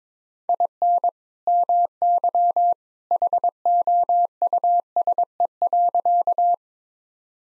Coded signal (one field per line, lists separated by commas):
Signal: Morse code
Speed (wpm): 22 wpm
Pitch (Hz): 700 Hz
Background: none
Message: IN MY HOUSE.